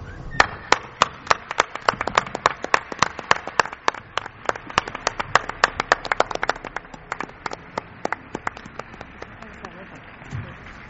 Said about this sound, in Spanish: Así que para Israel y para el gran Javier Pérez Campos, pues quizá el último aplauso de la noche.